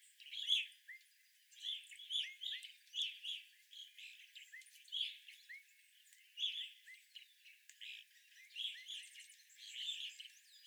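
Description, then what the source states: Evening grosbeak flock calling: many rough, clipped chirps in quick overlapping bursts, with softer high twitters and thin notes throughout. Several evening grosbeaks recorded on 25 April 2021.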